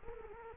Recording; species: mosquito wingbeat signal from an infrared sensor; Culex quinquefasciatus